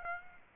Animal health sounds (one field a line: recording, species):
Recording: mosquito wingbeat signal from an infrared sensor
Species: Aedes aegypti